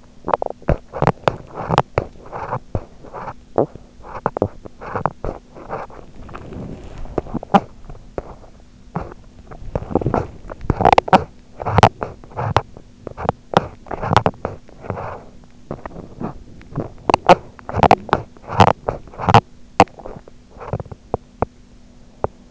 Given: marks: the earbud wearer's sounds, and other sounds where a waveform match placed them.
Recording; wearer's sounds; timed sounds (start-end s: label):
sounds in sleep by an in-ear microphone; teeth grinding
0.00-22.51 s: teeth grinding